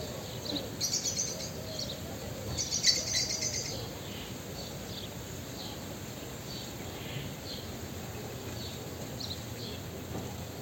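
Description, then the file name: Common blackbird calls: bursts of sharp, high chattering notes near the start, then sparse thin notes over a steady hiss. "Turdus merula"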